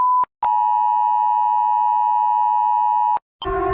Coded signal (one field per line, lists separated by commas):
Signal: Emergency Alert System (SAME) tones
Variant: 853 and 960 Hz attention tone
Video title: EAS Alarms Animation